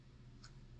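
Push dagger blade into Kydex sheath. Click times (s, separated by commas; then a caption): 0.4 s. A small push dagger is pressed into its custom-formed Kydex sheath, and the bevel locks into the molded clip with a short, bright click at 0.4 s over a low steady hum. The blade is seated firmly in the sheath.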